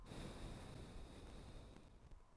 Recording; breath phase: one breath near a microphone; exhalation